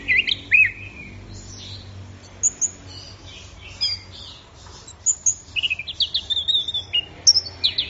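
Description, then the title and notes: Orange-headed thrush song with jumbled high whistles and slurred notes, a pause mid-way, then a lively run of quick sweeping phrases. Bird in full song (gacor), used for training songbirds. "Anis Merah Gacor Teler. Kumpulan Suara Burung Anis"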